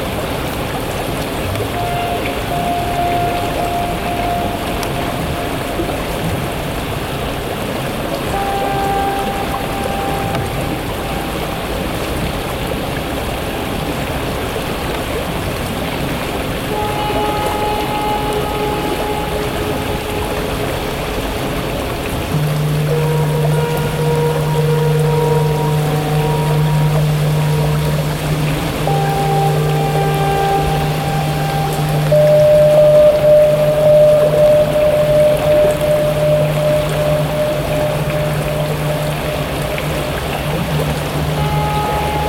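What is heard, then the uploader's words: A riverside scene with water flowing steadily, a constant dense wash. From about twenty-two seconds a low engine hum, likely a boat motor, joins and holds to the end, with scattered bird calls and tonal notes drifting over the water. By the River San.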